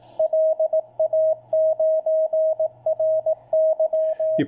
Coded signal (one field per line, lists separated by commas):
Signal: Morse code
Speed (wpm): 18 wpm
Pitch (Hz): 630 Hz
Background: radio noise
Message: LA9RY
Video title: Overview of the Malahit Clone SDR receiver with basic "demo" firmware CW and SSB.